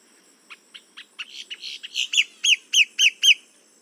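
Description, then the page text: Boat-tailed grackle song: a series of dry clicking notes speeding up and growing louder, ending in about five loud, sharply rising whistled upslurs at even spacing. "Paul Marvin - Лодкохвостый гракл (Quiscalus major)"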